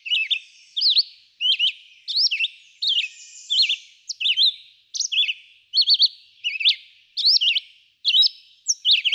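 Red-eyed vireo song of clipped, varied whistled phrases, some rising, some dropping, repeated at a steady pace roughly every second.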